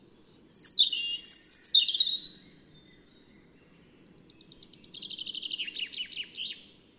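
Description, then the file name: European robin song: a high thin note sliding into tumbling, silvery trills, then after a pause a softer, rapid warbled phrase of repeated notes. "Erithacus rubecula"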